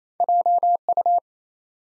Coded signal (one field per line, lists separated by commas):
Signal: Morse code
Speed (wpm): 28 wpm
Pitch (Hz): 700 Hz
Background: none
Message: JU